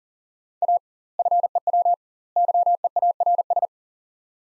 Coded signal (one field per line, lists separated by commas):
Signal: Morse code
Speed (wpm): 40 wpm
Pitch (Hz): 700 Hz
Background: none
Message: A FEW YEARS